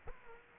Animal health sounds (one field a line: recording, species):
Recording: mosquito wingbeat signal from an infrared sensor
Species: Culex quinquefasciatus